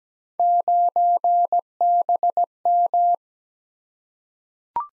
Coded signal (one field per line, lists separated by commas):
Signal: Morse code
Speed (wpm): 17 wpm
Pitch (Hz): 700 Hz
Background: none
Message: 9BM